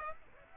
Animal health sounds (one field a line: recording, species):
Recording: mosquito wingbeat signal from an infrared sensor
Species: Aedes aegypti